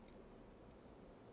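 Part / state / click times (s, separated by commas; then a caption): cassette mechanism part into car stereo cassette deck chassis / not seated / none. A cassette mechanism part is handled against the two screw holes in the cassette deck chassis of a Kenwood KRC-99 car stereo during cassette repair, with only a steady low rumble and faint handling noise heard. Nothing has seated or clicked yet.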